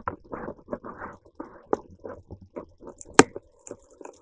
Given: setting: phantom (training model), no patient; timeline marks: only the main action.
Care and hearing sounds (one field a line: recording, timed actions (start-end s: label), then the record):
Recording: laparoscopic instrument, vibration sensor on the handle end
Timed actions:
2.50-4.22 s: coagulation
From the record:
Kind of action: gesture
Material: ex-vivo porcine liver